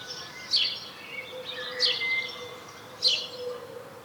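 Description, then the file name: House sparrow giving three sharp chirps about a second apart over faint background noise. "Passer domesticus"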